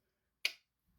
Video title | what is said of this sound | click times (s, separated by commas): Walther P22 - Assembly and disassembly for cleaning | hear it pop in | 0.4 s